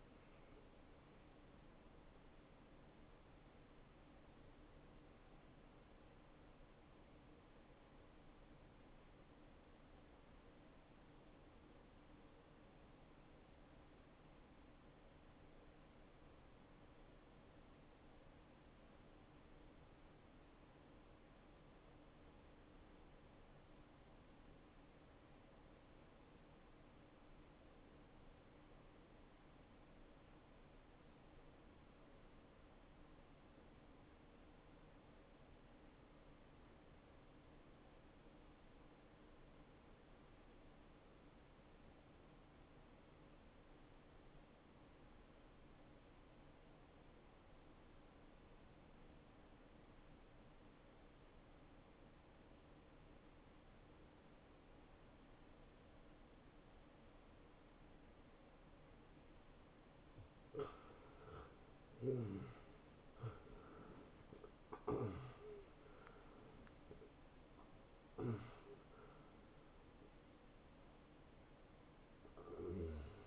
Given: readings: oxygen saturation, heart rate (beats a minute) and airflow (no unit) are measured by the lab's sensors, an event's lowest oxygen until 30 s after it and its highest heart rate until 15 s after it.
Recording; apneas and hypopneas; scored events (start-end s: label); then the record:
breathing in sleep by a voice recorder at the bedside; 1
8.00-59.50 s: obstructive apnea (N2, oxygen 95% highest, then 80% lowest, heart rate 65 at the start, 81 highest)
29.00-73.27 s: new sleep stage, N1 (lightest sleep)
From the record:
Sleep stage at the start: N2 (light sleep); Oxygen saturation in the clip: 83 to 95%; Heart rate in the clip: 55 to 81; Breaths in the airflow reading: 6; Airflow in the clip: -18.4 to 9.0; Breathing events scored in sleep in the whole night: 263 in 5.5 hours asleep